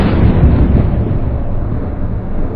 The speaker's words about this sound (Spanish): Fue alrededor de 3 horas más tarde, después de la primera explosión auténticamente potente, cuando se oyeron los gritos del equipo de perforación y cuando Gagney, que hacía las veces de capataz, llegó corriendo al campamento con la asombrosa noticia.